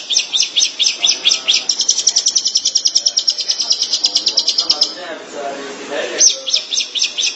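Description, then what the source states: Long-tailed Shrike song: rapid, evenly repeated chattering notes in a long high run, then a brief pause and a short renewed burst. Dated March 2017.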